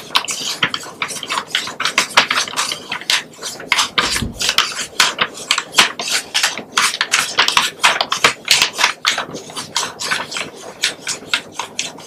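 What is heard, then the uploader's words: A pen scratches and taps, with quick bright strokes and clicks coming several times a second in an uneven rhythm. A single duller, lower knock lands around the four-second mark. Including pen writing, tapping, and clicking sounds.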